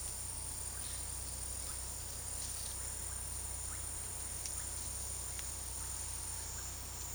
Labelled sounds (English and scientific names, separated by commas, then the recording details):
none
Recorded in secondary vegetation near Puerto Asís, Putumayo, Colombia, on 19 February 2024 at 13:30
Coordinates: 0.489, -76.322
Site G6419